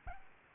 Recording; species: mosquito wingbeat signal from an infrared sensor; Aedes albopictus